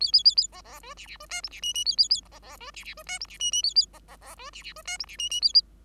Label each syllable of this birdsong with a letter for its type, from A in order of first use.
A A A A B B C D D C E F D G G A A A B B C D D C E F D G G A A B B B C D D C E F D G G A